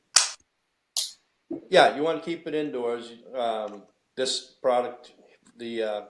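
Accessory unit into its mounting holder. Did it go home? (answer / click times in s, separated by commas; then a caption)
yes / 0.2 s. A small RV accessory unit called a wobbler is snapped into its magnetic, screw-mountable holder, with a sharp, short snap at 0.2 s as it seats. A second sharp sound follows near 1.0 s, and then someone talks.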